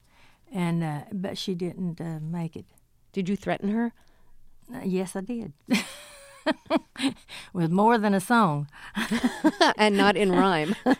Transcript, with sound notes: And - but she didn't make it.
Did you threaten her?
Yes, I did (laughter) with more than a song.
And not in rhyme.